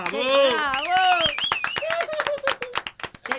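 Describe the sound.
A small group of hosts claps for themselves in quick, uneven bursts of sharp slaps while voices whoop and call out over them, the clapping growing louder and more scattered toward the end.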